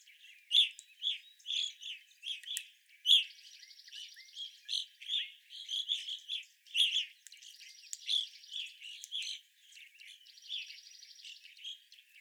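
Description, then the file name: Evening grosbeaks giving bright, repeated chirps in clusters, with a dry buzzy trill recurring in the background. Several evening grosbeaks calling, recorded 25 April 2021. "2021-04-25 Evening Grosbeaks"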